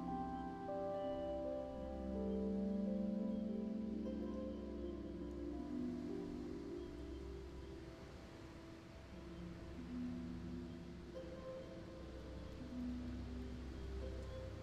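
A spooky fairground plays long, droning organ-like notes that slide and change pitch slowly, layered over a steady low rumble and a constant rain-like hiss. The sound swells around two to four seconds, dips near nine seconds, then holds steady.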